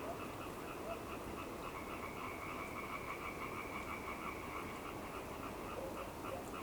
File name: Hyla Arborea